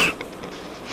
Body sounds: coughing mixed with background sound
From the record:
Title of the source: 31 night wet cough

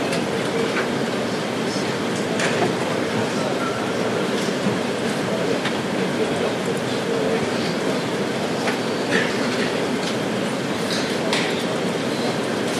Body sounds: background sound without coughing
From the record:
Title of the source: Office Sounds Ambience - Background Noise for Study and Work

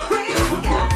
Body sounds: coughing mixed with background sound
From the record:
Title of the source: female coughing - coughing sound effects girl

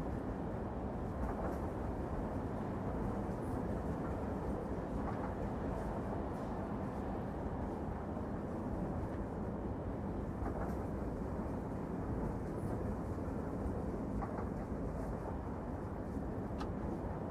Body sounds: background sound without coughing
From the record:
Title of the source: Train Ride Ambience ambient white noise for sleeping, focus, studying, reading

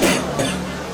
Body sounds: coughing mixed with background sound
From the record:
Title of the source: Residual Phlegmy Morning Coughing and Gagging

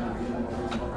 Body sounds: background sound without coughing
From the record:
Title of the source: 60 minutes of coffee shop sounds for study and concentration

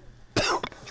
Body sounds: coughing mixed with background sound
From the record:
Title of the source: Coughing 79

